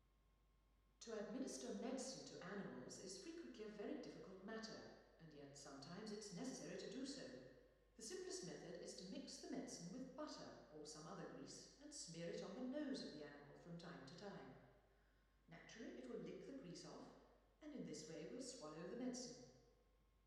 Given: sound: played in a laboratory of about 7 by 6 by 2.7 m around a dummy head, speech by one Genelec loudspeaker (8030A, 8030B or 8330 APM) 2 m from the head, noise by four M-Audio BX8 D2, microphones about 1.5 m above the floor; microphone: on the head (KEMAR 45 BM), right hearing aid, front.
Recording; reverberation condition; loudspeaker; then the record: female speech in English; high; 150 degrees to the right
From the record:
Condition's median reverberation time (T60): about 1300 ms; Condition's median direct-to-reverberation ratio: about -4.0 dB